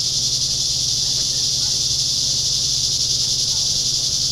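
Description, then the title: Cicadas sustain a loud, piercing, hiss-like drone with no breaks across the whole short stretch, over a low steady hum. Cicadas heard in summer. "summer cicadas"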